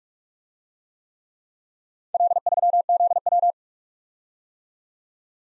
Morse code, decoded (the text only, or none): L3ZW